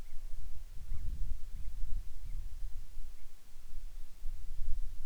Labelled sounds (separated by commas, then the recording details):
bird
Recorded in the Arctic National Wildlife Refuge, Alaska, on 10 July 2019 at 18:04
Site 44